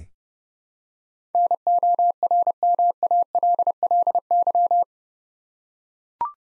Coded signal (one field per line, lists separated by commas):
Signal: Morse code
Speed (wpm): 30 wpm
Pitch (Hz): 700 Hz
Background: none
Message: NORMALLY